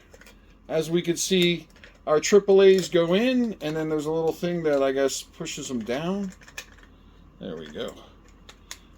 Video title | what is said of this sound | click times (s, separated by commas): pH Meter Shootout v2 | And then they kind of click in place. And then Yeah, there's the little catch. | 8.5 s, 8.7 s